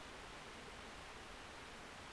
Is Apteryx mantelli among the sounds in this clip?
no